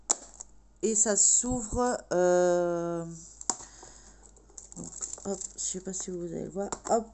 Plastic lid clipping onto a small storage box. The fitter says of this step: ça se clipse et